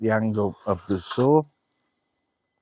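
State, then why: Not seated. Someone talks while the angle of a hand saw or mitre guide is being adjusted toward its 45-degree detent. After the talking stops, the clip goes almost silent apart from a very faint tick near 1.7 s. Nothing has clicked into place yet.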